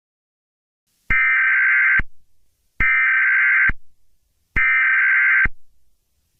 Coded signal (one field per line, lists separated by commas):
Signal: Emergency Alert System (SAME) tones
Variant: header bursts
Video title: EAS Scenario 14: Evil Turtle Attack